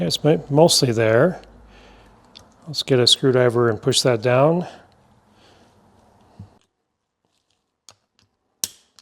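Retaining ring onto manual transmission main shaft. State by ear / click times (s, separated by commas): seated / 8.6 s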